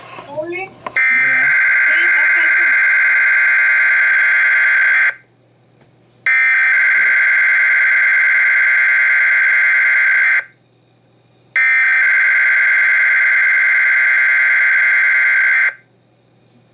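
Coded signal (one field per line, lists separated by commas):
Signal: Emergency Alert System (SAME) tones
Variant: header bursts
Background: speech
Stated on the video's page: Required weekly test on an FM station with automatic relay.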